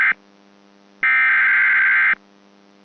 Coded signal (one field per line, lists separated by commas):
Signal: Emergency Alert System (SAME) tones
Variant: header bursts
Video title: [(SOME RECREATIONAL) EAS Mocks] - some of my unreleased content into a single YouTube video